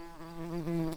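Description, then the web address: Early bumblebee buzz, a continuous low hum with layered harmonics, dipping briefly in pitch midway then steadying again. Bumblebee queens. "bumblebees Pratorum-queens"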